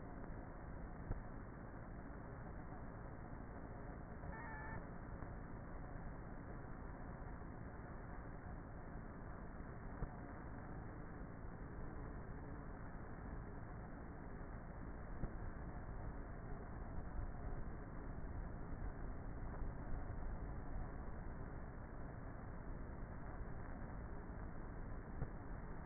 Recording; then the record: honeybee colony, microphone inside the hive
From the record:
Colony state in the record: queenless with a low population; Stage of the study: before two queens were removed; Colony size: about 30,000 bees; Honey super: no